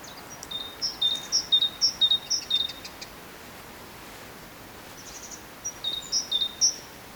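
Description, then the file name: Great tit song of crisp paired whistles, a run of several phrases, a quiet stretch, then a few more. "Parus major"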